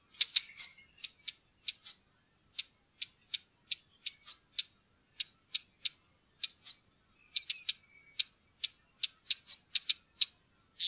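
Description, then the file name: Northern wheatear giving dry, hard ticking notes in an irregular quick series, with a few brief squeaky whistles mixed in. "steinskvett"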